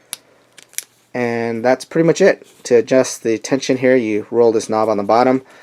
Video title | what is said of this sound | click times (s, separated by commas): ATLAS BT-10 bipod vs Chinese Knock off | you push this little button in. And every click is very smooth positive clicks. | 0.1 s, 0.8 s